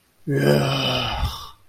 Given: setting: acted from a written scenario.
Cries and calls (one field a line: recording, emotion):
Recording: vocal sound without words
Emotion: embarrassment